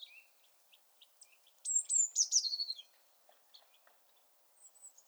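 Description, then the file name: Eurasian blue tit singing one phrase of high piercing notes dropping into a fast buzzy trill, with scattered soft chips before and after. "Cyanistes caeruleus"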